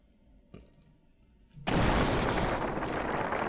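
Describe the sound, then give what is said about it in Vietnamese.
After a quiet stretch with a single sharp pop, a loud, dense barrage of celebratory firecrackers, lit by soldiers on a city gate to mark a treaty between two countries, bursts in and rumbles on without pause, a continuous crackling roar of booms. “Tiếng pháo ăn mừng liên tục vang lên, khiến cho Phương đại thiếu gia đang thao thao bất tuyệt trên đài cao sợ tới mức hai chân mềm nhũn.”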